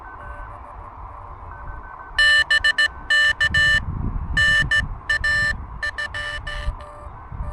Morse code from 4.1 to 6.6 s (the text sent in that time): NAF